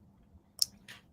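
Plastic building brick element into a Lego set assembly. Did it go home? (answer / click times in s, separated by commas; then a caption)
yes / 0.6 s. A plastic Lego brick element is pressed into a Lego set assembly at a step where the instructions say it should click. A sharp, loud snap rings out at 0.6 s, followed by a softer rustle near 0.9 s. The part clicks into place and is seated.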